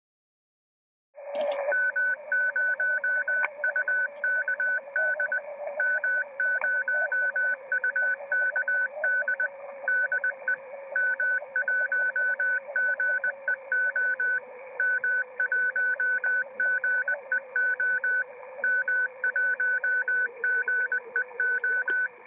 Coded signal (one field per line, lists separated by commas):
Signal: Morse code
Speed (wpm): 20 wpm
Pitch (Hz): 1500 Hz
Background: none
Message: M0UKD M0UKD DE M1GEO M1GEO M1GEO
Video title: 472 kHz Transverter Testing - M1GEO/G8OCV